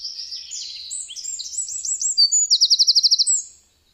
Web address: Madardalok - Ökörszem